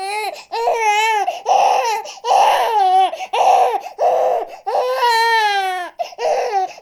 Baby crying.